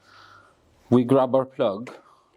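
A plastic wiring harness plug for the headlamp unit of a 2019 Ford Transit Custom 2.0L EcoBlue 170 is handled as someone talks. A faint low hum and a soft broadband hiss open the clip. The plug has not yet been pushed into the back of the headlamp unit socket, so nothing has seated or clicked yet.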